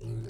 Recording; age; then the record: pig call; weaner (32 to 43 days)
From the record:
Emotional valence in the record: negative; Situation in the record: novel object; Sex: female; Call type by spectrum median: low-frequency call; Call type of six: mixed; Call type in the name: high-frequency modulated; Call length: 0.30 s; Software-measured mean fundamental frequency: 47 Hz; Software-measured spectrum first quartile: 138 Hz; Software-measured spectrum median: 446 Hz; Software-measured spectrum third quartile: 5001 Hz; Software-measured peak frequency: 119 Hz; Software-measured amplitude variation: 76 dB a second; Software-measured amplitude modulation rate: 19.7 a second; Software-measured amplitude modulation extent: 3.9 dB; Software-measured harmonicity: 3.0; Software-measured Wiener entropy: -5.71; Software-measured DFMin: 1322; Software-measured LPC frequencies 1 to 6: 274, 1661, 4163, 5037, 5795, 7763 Hz